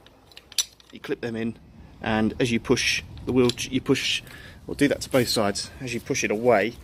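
Small metal clamp brackets of a handbike attachment are clipped onto a wheelchair frame, giving a few sharp metallic hits around 0.3 to 0.8 s, with the loudest click at 0.6 s as the bracket seats. Someone talks throughout the rest of the clip.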